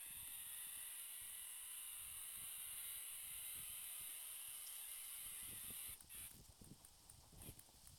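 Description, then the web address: Cicada song: a continuous, high, hissing buzz that holds steady for about six seconds and then breaks off into scattered clicks. "bg-cicadidae hyalina"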